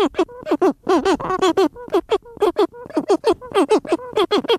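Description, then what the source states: Cory's shearwater calls: loud, harsh, nasal wailing notes with rising and falling pitch, given in rapid overlapping bursts by several birds. Cory's shearwater vocalizations during mating, seabirds.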